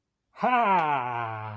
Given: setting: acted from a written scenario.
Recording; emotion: vocal sound without words; triumph